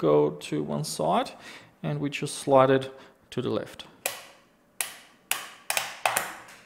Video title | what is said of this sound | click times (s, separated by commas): How to open Seagate Expansion 8TB External Hard Drive (Latest Model) | that and you hear that you could hear these clicks that means that it's getting released so we got to continue | 4.1 s, 4.8 s, 5.3 s, 5.8 s, 6.1 s, 6.2 s